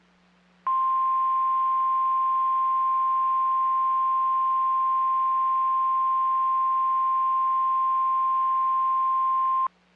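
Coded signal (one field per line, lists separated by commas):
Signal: Emergency Alert System (SAME) tones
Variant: 1050 Hz attention tone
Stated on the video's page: NOAA Weather Radio Special Marine Warning alert for Tidal Potomac waters.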